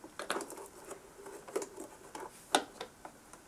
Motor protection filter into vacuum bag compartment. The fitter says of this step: that should click in. There we go.